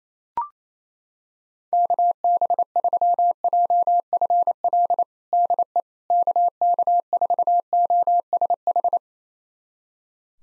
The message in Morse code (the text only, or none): KB3JFL DE KK4OSH